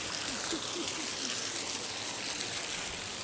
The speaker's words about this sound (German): Und die Krönung ist ein Wasserfall. Und man kann jetzt von hinten unter den Wasserfall, hier tropft es nur ein bisschen, echter Adventure Trail. Ah, Aufnahmen hinterm Wasserfall. Was will man mehr?